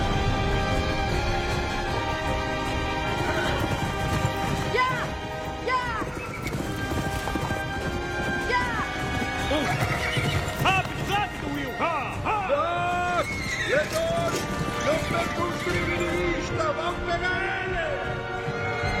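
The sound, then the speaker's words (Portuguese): A horse's hooves clop in a steady, continuous rhythm while high, wavering whinnies rise and fall above them, with voices talking in the background throughout. “Aquele era o meu cavalo de pimenta. Ai. Vou pegar meu cavalo.”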